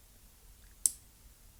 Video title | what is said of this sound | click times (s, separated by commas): Review of Transformers RiD Warrior Class FRACTURE - eBEFOREi Reviews | of pull them out has a little bit of a snap when it locks in place listen | 0.9 s